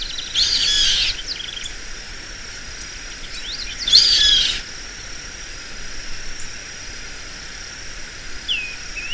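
Bird giving brief clusters of high, squeaky chirps at about one and four seconds, plus a short upward-curving note near the end, over a constant hiss.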